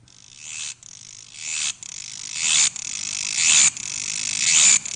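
Mecopoda katydid singing a loud, dry, buzzing rattle, pulsing about once a second and swelling louder with each burst.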